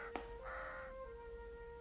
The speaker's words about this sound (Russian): Вранье что-то раскаркалось.